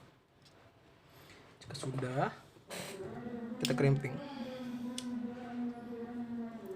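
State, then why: Not seated. An RJ45 plug is handled in a crimping tool, ready to be crimped onto a twisted-pair network cable, while someone talks. A brief sharp sound is heard at 5.0 s, but nothing has seated or clicked yet; the plug is not yet crimped home.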